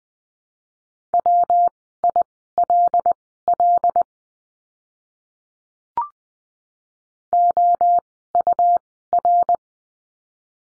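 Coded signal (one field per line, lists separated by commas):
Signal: Morse code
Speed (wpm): 20 wpm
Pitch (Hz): 700 Hz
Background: none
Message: WILL OUR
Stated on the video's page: Morse code course lesson drill at Farnsworth spacing, 20 wpm characters at 10 wpm overall, practising words with the letter W.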